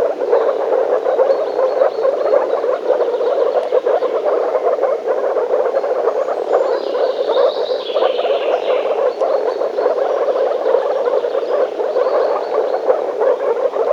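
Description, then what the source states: Continuous frog chorus of overlapping croaks, with a short burst of bird song partway through. Frogs in a forest.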